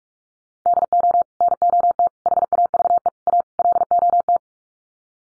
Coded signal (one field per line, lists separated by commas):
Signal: Morse code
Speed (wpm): 44 wpm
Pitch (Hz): 700 Hz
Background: none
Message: DO NOT HAVE A LOT